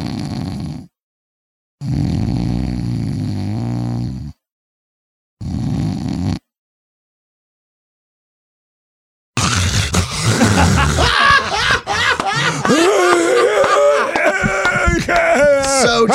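Adult imitating the snoring of sleep apnea: bursts of loud, rough snoring, then a stop in breathing with silence, then snoring again. Sleep apnea is treated medically with a breathing machine or another device.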